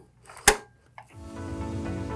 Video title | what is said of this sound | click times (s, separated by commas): VnM8 SignMaker - Ink Ribbon Install | and we want to hear two clicks on either side pushing gently on both sides | 0.5 s, 1.0 s